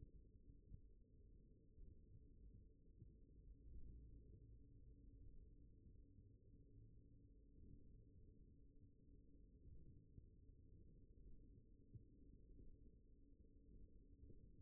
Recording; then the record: forearm muscle sounds (acoustic myography)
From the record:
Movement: radial deviation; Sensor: system 1, eight BSWA MPA416 microphones around the upper forearm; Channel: 7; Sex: male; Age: 42 years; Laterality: right